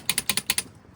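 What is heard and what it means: A click-type torque wrench on a wheel lug nut is forced with too much pressure, so it clicks repeatedly instead of giving a true torque reading. Six sharp clicks land in pairs at 0.1, 0.2, 0.3, 0.4, 0.5 and 0.6 seconds, then the sound fades to quiet.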